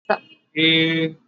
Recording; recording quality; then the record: sustained vowel as in made; excellent, no background noise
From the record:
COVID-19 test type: RT-PCR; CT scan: not taken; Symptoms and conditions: cough, cold, fever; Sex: male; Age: 31 years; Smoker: no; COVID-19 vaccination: both doses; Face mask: worn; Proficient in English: yes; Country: India